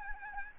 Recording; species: mosquito wingbeat signal from an infrared sensor; Aedes albopictus